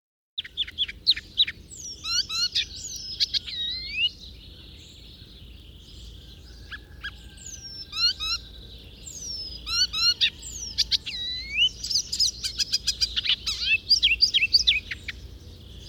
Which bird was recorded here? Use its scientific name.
Hippolais icterina